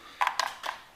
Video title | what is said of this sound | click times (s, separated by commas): Thule Complete Podium 460c Fixpoint or Flush Rail Car Roof Racks | it into the cover so you hear an audible click once it's in | 0.2 s, 0.4 s